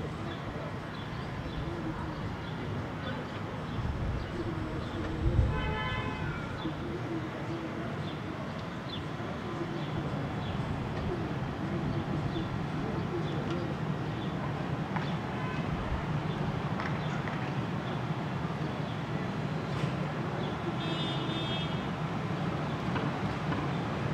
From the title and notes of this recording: Ext, Brooklyn Roof. By Bandeto.